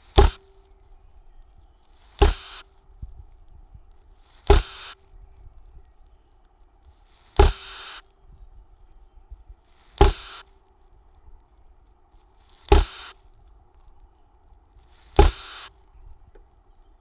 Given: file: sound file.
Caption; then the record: An example of a hissing display can be found in the attached video.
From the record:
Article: Behavioral snake mimicry in breeding tits